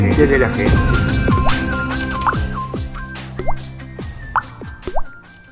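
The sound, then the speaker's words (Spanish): Water drips drop by drop, each falling drop a bright plop with a quick falling pitch, arriving in a slow, steady series of about eight over a soft sustained musical background. “Gota a gota el agua es capaz de partir una piedra, y no lo hace por la fuerza, sino por la constancia en su accionar.”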